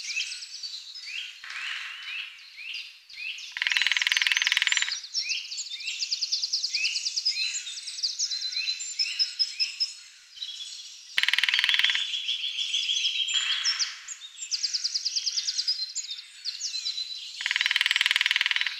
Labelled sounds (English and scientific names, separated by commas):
Lesser Spotted Woodpecker (Dendrocopos minor) drumming